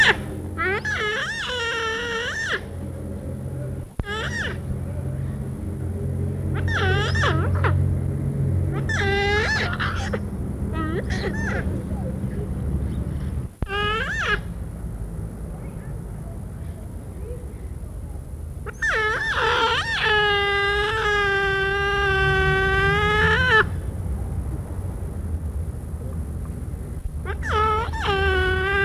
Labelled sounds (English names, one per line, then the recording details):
Giant Otter call
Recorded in captivity
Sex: pair
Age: adult
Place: Tierpark Carl Hagenbeck, Hamburg, DE
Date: 1961
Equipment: Minifon, Kopie Smaragd
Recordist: Tembrock, Günter
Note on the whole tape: Paar: diverse Lautformen, Schreien, wenn voneinander entfernt, Muckern bei Annäherung (Männchen), die 2-silbigen Laute beim Laufen, Langrufe vom Männchen stehend, auch Laute bei Fütterung. Abstand: 1-15 m. Aufnahmedatum: 24./25.08.1961